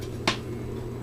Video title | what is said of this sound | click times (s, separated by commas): Elves and Angels Walker Wagon Assembly Video | bottom and slide it into this track you can hear it click into there | 0.3 s